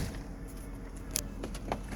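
A tow hitch assembly is fitted one-handed into its mount in a 2019 VW Atlas 3.6 SE w/Technology R-Line 4Motion, over a low steady background hum. A sharp metallic hit at 1.2 s marks the hitch seating in place, followed by fainter knocks around 1.4, 1.6 and 1.7 s.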